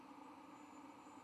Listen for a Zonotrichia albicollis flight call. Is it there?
no